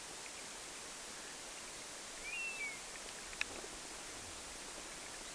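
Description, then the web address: European honey buzzard call: a single rising-then-falling whistled note, thin and plaintive, followed by a sharp click over steady outdoor hiss. 27 August 2026. "paivat 27 8 2026 mehilaishaukan aania"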